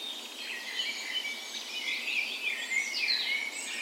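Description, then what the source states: Birds in a dense birds, sweeping whistles and quick chirps overlapping continuously. Birds' birds in a park west in Bergen, Norway, on the morning of 17 May (National Day) in full spring; recorded with a Sony PCM A10 and LOM micro Usi microphones as tree ears.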